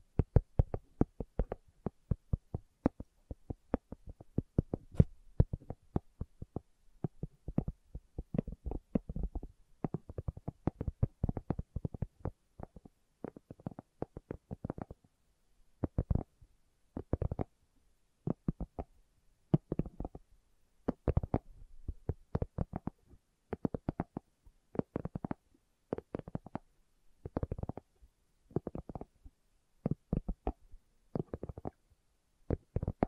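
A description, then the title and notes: Slow dry tapping, made of short soft knocks with a low, muffled thud. The taps come in loose clusters, dense and irregular for the first fifteen seconds, then sparser groups separated by brief silences through to the end. ASMR Slow Tapping for Deep Sleep (No Talking).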